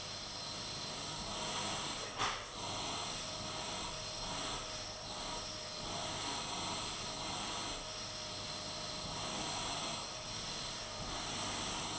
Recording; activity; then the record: daily activity, microphone in the room; vacuum cleaning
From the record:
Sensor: 4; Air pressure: 991.8 hPa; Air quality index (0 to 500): 113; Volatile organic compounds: 20 ppm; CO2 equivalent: 2690 ppm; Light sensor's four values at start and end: 19/63/23/24 and 19/63/23/23